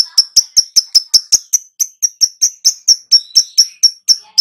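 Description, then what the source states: Lovebird chirping: a rapid, even run of sharp high chirps, about five per second, continuing throughout. Lure to prompt a lovebird to start singing loudly.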